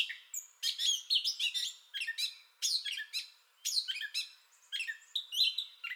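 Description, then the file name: Gray catbird song, bursts of raspy chatter and squeaky whistles separated by brief pauses, phrases varied and improvised. Entire song bout, 30 May 2021. "2021-05-30 Gray Catbird Entire Song Bout"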